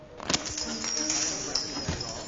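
Coins clink inside a bank in a few bright, sharp metallic taps spaced irregularly over a couple of seconds, heard over a steady murmuring background.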